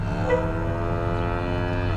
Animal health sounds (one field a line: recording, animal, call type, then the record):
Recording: contact call of a hoofed animal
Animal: cattle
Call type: low-frequency (closed-mouth) or high-frequency (open-mouth) call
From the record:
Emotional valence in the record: negative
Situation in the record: full separation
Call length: 1.97 s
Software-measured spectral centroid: 1190 Hz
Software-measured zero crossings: 970 a second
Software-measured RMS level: -24 dBFS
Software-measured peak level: -10 dBFS